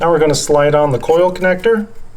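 Someone talks while a wiring harness connector is about to be slid onto an ignition coil on a GM 2.0/2.4 liter engine (Cobalt, Equinox, Terrain). The clip is speech only. The connector has not seated or clicked yet, and its tan locking tab has not been pushed down.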